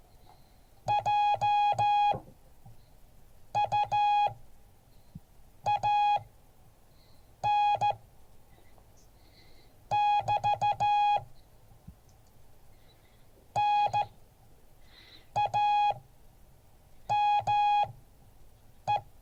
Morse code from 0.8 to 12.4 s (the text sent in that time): JUAN <BT>